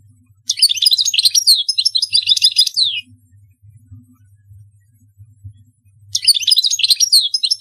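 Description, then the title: European goldfinch song in two bursts of jumbled twittering and buzzy notes, the first lasting about two and a half seconds, with a faint low hum between. "Chant Chardonneret"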